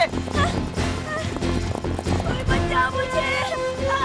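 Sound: horse hooves clip-clopping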